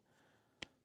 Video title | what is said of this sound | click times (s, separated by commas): Magna Lens (High Quality) Eye & Ear Protection for Shooting! | Snaps back in. Again, both sides are are the same like that. | 0.6 s